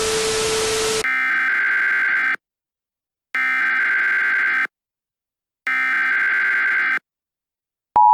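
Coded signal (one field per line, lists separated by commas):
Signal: Emergency Alert System (SAME) tones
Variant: header bursts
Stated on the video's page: Fictional EAS scenario, analog horror.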